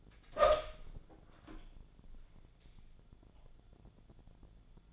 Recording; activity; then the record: daily activity, microphone in the room; open door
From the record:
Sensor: 5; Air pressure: 1000.5 hPa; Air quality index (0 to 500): 148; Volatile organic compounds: 2 ppm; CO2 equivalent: 1150 ppm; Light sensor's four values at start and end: 49/115/48/51 and 49/114/48/51